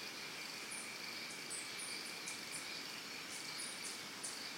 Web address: Big Room Sound Birds Crickets Costa Rica Early Morning